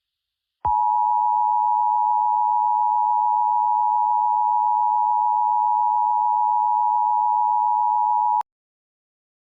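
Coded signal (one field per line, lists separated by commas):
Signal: Emergency Alert System (SAME) tones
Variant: 853 and 960 Hz attention tone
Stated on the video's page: Fictional EAS scenario, not a real alert.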